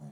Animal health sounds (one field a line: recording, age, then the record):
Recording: pig call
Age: piglet (1 to 25 days)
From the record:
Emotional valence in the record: negative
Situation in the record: short isolation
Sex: female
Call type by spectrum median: low-frequency call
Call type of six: low-frequency stable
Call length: 0.12 s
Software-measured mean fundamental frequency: 50 Hz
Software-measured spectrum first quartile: 153 Hz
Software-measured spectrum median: 208 Hz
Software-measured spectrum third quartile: 465 Hz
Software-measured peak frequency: 209 Hz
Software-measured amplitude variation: 40 dB a second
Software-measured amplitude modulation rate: 12.8 a second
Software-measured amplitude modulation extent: 3.2 dB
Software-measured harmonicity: 3.6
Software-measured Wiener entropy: -0.20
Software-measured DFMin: 924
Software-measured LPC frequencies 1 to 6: 3300, 4245, 5925, 6833, 7519, 8465 Hz